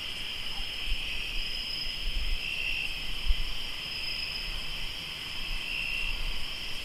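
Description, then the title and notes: Crickets keep up a steady high trilling chorus while soft low rumbles and a brief thump sound underneath. Crickets in Tlayacapan, Morelos. "Sonidos de grillos en Tlayacapan - Morelos"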